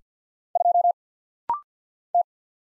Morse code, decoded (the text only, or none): 2 T